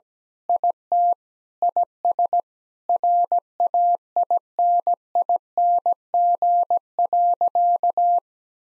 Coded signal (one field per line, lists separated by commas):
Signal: Morse code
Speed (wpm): 17 wpm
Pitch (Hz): 700 Hz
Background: none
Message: IT IS RAINING.